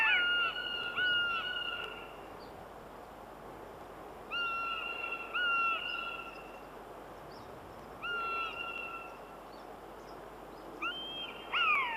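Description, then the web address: Common buzzard calls, a series of plaintive mewing whistles, level or falling in pitch, coming in scattered groups over twelve seconds above a steady background hiss. "Uzbek hayvonlar. Buteo buteo"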